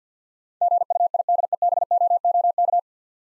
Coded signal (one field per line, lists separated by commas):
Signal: Morse code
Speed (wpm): 51 wpm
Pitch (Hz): 700 Hz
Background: none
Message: GUIDEBOOK